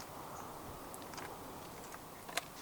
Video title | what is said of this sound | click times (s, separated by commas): 2024 Hyundai TUCSON 1.6T Max Start-Up and Full Vehicle Tour | They do lock into place, and to unlock them, just pull the lever again | 2.4 s